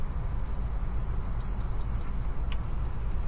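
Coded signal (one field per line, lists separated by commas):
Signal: beep code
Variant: Schlage LE lock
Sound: two short high beeps about 0.4 s apart, then a click, over steady rumble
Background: low rumble, background noise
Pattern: 2 short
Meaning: The lock has entered the factory default reset procedure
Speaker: press the fdr button for approximately five seconds the unit will respond with two short beeps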